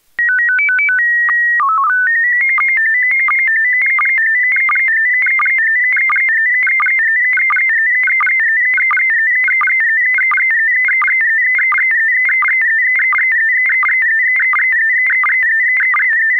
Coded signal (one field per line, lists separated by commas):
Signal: SSTV (slow-scan television)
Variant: PD 90